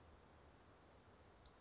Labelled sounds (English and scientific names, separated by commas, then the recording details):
Western Flycatcher (Empidonax difficilis)
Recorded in Sonoma County, California